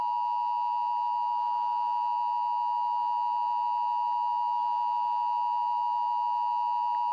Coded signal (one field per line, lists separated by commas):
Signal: Emergency Alert System (SAME) tones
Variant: 853 and 960 Hz attention tone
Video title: MTPR RETURNS FROM THE DEAD... EAS Tests from 8/30/23 (EAS #3,003 - 3,009)